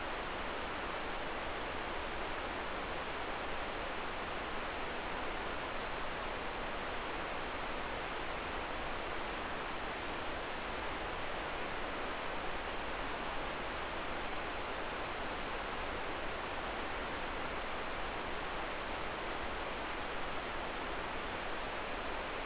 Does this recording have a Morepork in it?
no